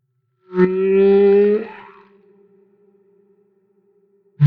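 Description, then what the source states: Humpback whale song unit: one tonal, harmonic moan about a second long, fading into a lingering echo, with a low grunt starting at the very end. Recorded off Maui.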